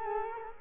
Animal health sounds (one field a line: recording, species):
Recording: mosquito wingbeat signal from an infrared sensor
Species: Culex quinquefasciatus